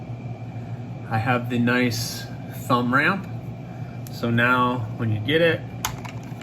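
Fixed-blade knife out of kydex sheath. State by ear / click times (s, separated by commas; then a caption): released / 5.9 s. Someone talks while a fixed-blade knife is pushed out of its kydex sheath with the thumb ramp. The sheath's retention releases with a sharp click at 5.9 s, and the knife pops out easily.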